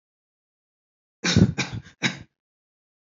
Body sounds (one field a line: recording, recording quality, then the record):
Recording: shallow voluntary cough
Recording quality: excellent, no background noise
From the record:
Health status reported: healthy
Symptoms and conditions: none ticked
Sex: male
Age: 47 years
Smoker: yes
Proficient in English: yes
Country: India